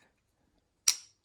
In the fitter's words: a nice satisfying click down it's definitely locked locked in it takes some effort